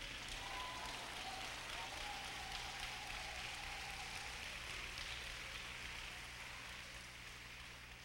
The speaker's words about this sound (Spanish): Esos aplausos dice que está entendiendo, ¿verdad?